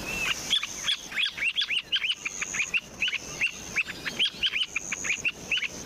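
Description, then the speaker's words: Semipalmated Plover giving many rapid, short chirping notes in busy runs. Breeds in the Arctic; global population, all in Canada and Alaska, estimated at 200,000 individuals; rated a species of low conservation concern. "Here's an example of the bird's chirping call."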